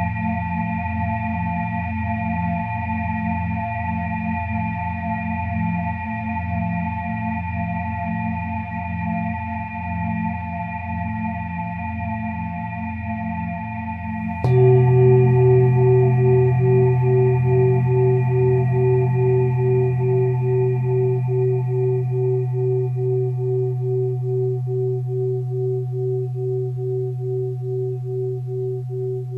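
A singing bowl hums with a steady, layered ring, its low tones pulsing gently while higher overtones hang above. Around fifteen seconds a second strike or rubbing swells the sound louder and fuller, adding a firm low tone that slowly fades with a wavering beat.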